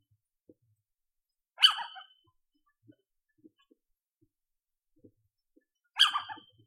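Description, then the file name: Little owl giving harsh, scratchy single calls, two of them roughly four and a half seconds apart, with a few soft clicks in the quiet gaps. Female. "Sycek obecny samice"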